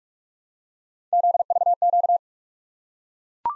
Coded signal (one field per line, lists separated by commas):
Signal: Morse code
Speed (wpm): 44 wpm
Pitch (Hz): 700 Hz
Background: none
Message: ZVQ